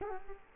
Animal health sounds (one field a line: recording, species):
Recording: mosquito wingbeat signal from an infrared sensor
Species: Culex quinquefasciatus